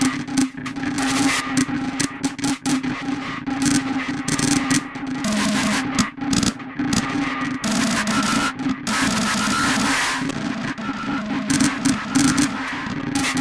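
Percussive textures clatter and scrape almost without pause, with sharp hits and brief breaks scattered irregularly across the thirteen seconds. Underneath sits a steady low droning tone, and a grinding, rubbing layer keeps the whole thing dense and loud throughout.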